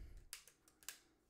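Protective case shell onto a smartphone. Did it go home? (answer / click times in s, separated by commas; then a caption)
yes / 0.3 s, 0.9 s. The hard plastic inner shell of an Otterbox Otter + Pop Defender Series Screenless Edition case is pressed onto an iPhone 11 Pro Max. Two sharp snaps ring out at 0.3 s and 0.9 s, with fainter ticks between them over a low rumble at the start. The shell snaps into place and is seated on the phone.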